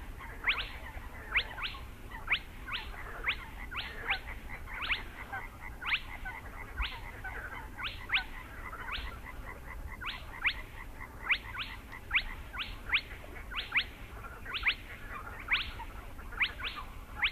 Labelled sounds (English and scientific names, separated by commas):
Spotted Crake (Porzana porzana)